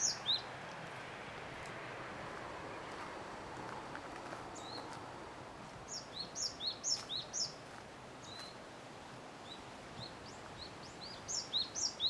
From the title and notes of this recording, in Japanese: 規則正しく、清く高々に鳴く声。